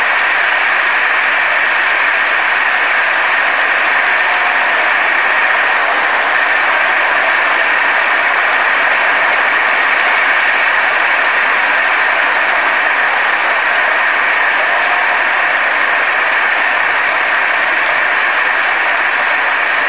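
A large crowd applauds loudly and without pause, thousands of claps blending into a dense, steady roar that holds its intensity for the whole stretch, with no voices rising above it.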